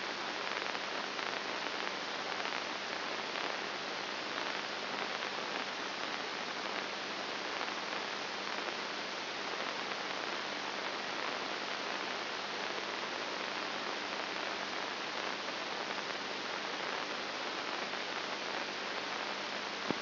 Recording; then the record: brain microelectrode recording played as sound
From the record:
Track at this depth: inside the subthalamic nucleus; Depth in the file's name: 2.501 mm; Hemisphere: right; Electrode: 2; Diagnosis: Parkinson's disease